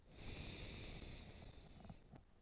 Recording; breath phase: one breath near a microphone; exhalation